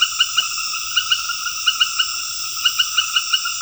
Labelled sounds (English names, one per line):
none